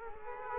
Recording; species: mosquito wingbeat signal from an infrared sensor; Culex quinquefasciatus